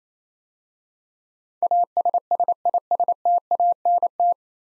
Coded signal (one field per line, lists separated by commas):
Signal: Morse code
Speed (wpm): 27 wpm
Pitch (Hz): 700 Hz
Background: none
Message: ASSISTANT